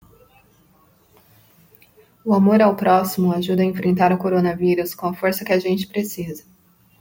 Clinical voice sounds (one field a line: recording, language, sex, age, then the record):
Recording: spoken sentence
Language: Brazilian Portuguese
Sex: female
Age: 30 to 39 years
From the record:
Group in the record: control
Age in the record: 30 years